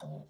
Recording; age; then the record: pig call; piglet (1 to 25 days)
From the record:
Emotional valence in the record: negative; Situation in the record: short isolation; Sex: female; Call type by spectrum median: low-frequency call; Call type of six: low-frequency tonal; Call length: 0.29 s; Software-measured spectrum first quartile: 156 Hz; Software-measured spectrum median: 286 Hz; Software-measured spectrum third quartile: 714 Hz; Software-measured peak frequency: 163 Hz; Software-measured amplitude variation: 112 dB a second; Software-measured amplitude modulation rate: 18.7 a second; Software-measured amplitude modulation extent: 6.0 dB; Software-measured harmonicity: 2.9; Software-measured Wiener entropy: -0.34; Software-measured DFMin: 563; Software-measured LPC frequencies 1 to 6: 631, 1380, 3709, 4789, 5778, 7142 Hz